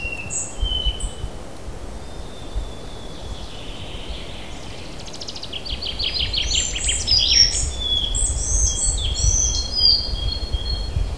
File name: Collared Flycatcher